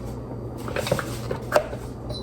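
A churn paddle and lid assembly is fitted onto an ice cream maker bowl and twisted to lock into its grooves, giving soft scraping, rubbing and light plastic knocks while someone talks. Nothing has seated or clicked yet; the lid is still being handled.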